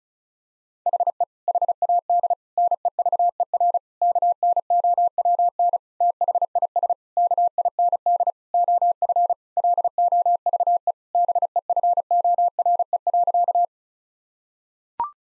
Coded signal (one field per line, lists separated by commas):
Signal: Morse code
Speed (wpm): 34 wpm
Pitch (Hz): 700 Hz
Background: none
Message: HE HAD NEVER KNOWN THIS KIND OF LOVE BEFORE.